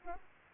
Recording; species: mosquito wingbeat signal from an infrared sensor; Aedes aegypti